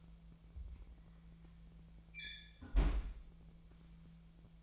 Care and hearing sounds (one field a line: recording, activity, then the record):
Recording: daily activity, microphone in the room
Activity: close fridge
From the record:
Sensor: 1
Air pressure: 1009.7 hPa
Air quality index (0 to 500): 192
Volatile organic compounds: 18 ppm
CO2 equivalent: 2626 ppm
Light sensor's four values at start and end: 32/81/34/41 and 31/80/33/40